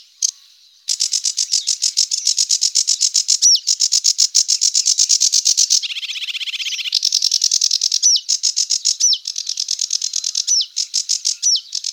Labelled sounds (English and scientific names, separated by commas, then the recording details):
Sedge Warbler (Acrocephalus schoenobaenus) song
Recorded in the wild
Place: Nagyivan / Hortobagy Nationalpark, HU
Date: 1990-05-23
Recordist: Schwarz, Dieter